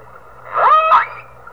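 Whale call, a single half-second tonal cry with stacked harmonics, sweeping down, holding steady, then rising sharply at the end.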